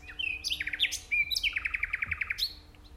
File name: Luscinia megarhynchos